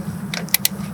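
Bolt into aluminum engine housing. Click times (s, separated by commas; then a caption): 0.5 s. A torque wrench, still set from the previous step, tightens a hand-threaded bolt into the aluminum engine housing at the VTEC spool valve area of a Honda/Acura 2.4L K24. Two sharp, close clicks cut through a low background hum, with the wrench clicking at its setting at 0.5 s and a second hit following at 0.7 s.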